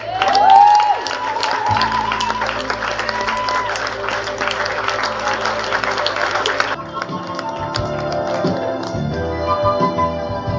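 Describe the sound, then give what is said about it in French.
An audience at Quai des Bulles 2011 bursts into sustained applause for an award winner, with cheers and a high whoop at the start, the dense clapping steady for several seconds before giving way to a tonal, music-like sound. “messieurs, je pense qu'il mérite encore un applaudissement.”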